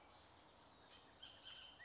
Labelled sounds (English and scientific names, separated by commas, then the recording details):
Bullock's Oriole (Icterus bullockii)
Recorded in Sonoma County, California